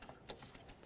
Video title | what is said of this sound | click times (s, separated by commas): How to Replace Spark Plugs 2006-12 Ford Fusion | Let's connect this in. Listen for a click. Give it a tug. | 0.3 s